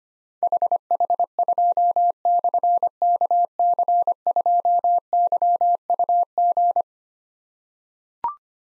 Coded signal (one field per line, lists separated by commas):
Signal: Morse code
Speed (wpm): 25 wpm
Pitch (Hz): 700 Hz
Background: none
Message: HH2/KC2YUG